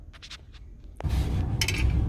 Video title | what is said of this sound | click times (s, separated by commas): Como trocar o filtro de combustível do Gol G3 em casa - [4K] | ride filter snapped into | 1.6 s